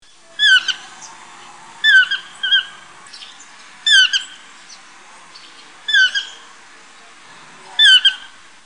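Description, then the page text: Chestnut-mandibled toucan calls, harmonic yelping notes given in short bursts of one to three, roughly every two seconds, with a quiet background. "Chestnut-mandibled Toucan call From Bird Sounds"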